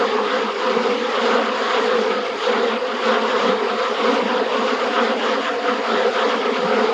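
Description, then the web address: Bees buzzing: a dense, continuous droning hum from many insects, steady throughout with slight swells in loudness. "anasyn caracalla thesis mcd min bees"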